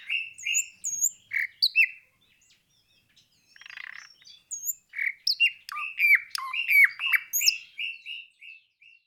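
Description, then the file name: Nightingale song with scattered chirps and short pauses, a soft rasp, then a lively sequence of repeated notes and sharp upward and downward whistles. Recorded 26 April 2012. "Luscinia 26 04 2012"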